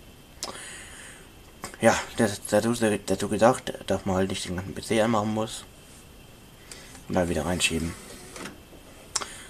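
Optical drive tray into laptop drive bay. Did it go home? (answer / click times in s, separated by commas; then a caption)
partly / 9.2 s. A laptop's optical drive tray, opened with the emergency release, is pushed back into the drive bay by hand while someone talks. A sharp plastic click comes at 9.2 s, but the tray is not fully latched.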